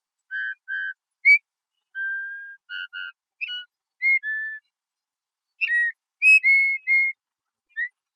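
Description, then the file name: Eurasian bullfinch giving clear whistled notes, some short and paired, others drawn out, in scattered bursts over a silent background. "uso"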